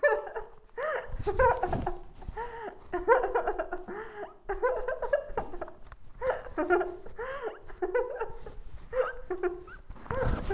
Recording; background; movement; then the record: laughter; quiet; sitting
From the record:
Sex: female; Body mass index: 18.8 kg/m2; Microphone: on the chest, facing outward